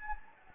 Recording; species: mosquito wingbeat signal from an infrared sensor; Anopheles gambiae